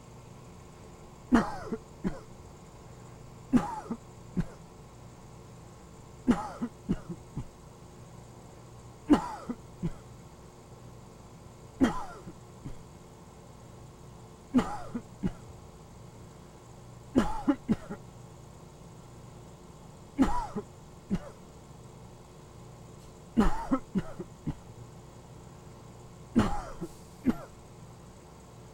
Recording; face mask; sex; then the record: voluntary coughing; surgical mask; male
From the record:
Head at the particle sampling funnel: turned sideways, cheek in front of it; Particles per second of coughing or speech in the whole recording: 5.19